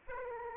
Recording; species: mosquito wingbeat signal from an infrared sensor; Aedes aegypti